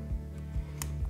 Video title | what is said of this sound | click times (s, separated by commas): DJI Mini All Models - Mid Frame Replacement - Complete Teardown | okay it's snapped into place and | 0.8 s